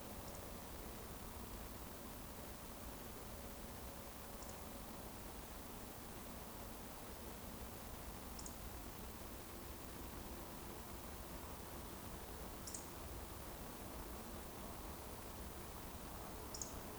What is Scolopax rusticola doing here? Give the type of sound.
whistle